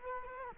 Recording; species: mosquito wingbeat signal from an infrared sensor; Culex quinquefasciatus